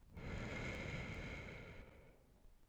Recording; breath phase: one breath near a microphone; exhalation